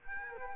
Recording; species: mosquito wingbeat signal from an infrared sensor; Culex quinquefasciatus